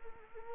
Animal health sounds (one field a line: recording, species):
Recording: mosquito wingbeat signal from an infrared sensor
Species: Anopheles arabiensis